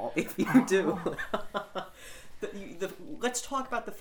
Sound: laughs

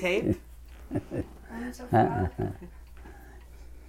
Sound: laughs

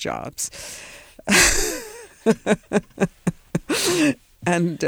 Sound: she laughs

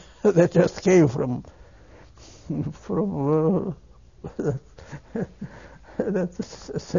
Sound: he laughs

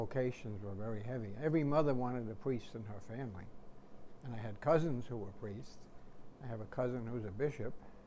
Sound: none

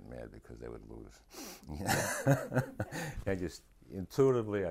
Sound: laughs

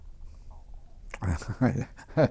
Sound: chuckles

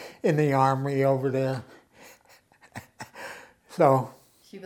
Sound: chuckles

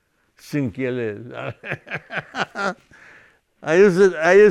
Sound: laughing

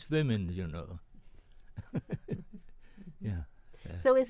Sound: laughs

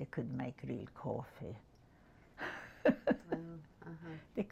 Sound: laughs

